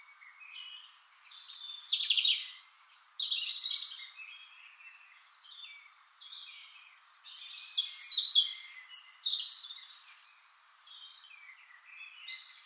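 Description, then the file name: European robin song in two loud phrases of high, varied notes, each followed by quieter thin twitters. "Erithacus rubecula"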